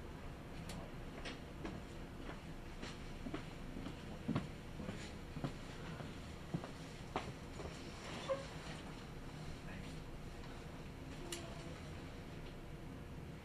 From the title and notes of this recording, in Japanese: 耳で楽しむ鉄道旅 近鉄大阪線 区間準急 大和朝倉→近鉄下田。大和朝倉始発の区間準急大阪上本町行きに乗り換えました。区間準急なので途中の河内山本までは各駅停車となります。